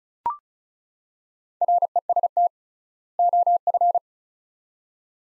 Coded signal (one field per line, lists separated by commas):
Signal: Morse code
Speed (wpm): 36 wpm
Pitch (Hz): 700 Hz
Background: none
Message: REST OF